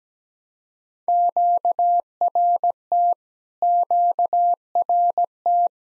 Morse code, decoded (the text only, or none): QRT QRT